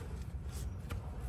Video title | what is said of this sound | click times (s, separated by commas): Nissan Xterra Pro 4X Full Titan Swap Installation Video | clamp may be in the way there we go so it kind of snaps into place | 0.9 s